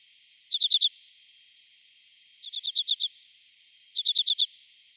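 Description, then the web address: Common redpoll giving three bursts of rapid, dry chattering notes, several notes per burst, on a quiet background. "Schulze Peter Common Redpoll calls"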